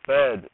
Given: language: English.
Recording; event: throat vibration sensor signal played as sound; speech